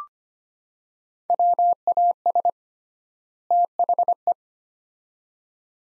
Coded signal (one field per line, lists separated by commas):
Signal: Morse code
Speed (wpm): 25 wpm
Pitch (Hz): 700 Hz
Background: none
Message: WAS THE